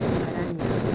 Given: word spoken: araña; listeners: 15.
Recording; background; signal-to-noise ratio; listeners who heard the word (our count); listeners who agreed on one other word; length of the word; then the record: one Spanish word in noise, from a listening test; noise modulated by three-talker babble; -5.2 dB; 2 of 15; 11 of 15; 0.55 s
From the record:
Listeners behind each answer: 11, 2, 1, 1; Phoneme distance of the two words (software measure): 10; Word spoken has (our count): 3 syllables, 5 phonemes, stress on syllable 2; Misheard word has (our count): 3 syllables, 5 phonemes, stress on syllable 2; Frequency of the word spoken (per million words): 6.67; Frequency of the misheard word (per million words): 4.32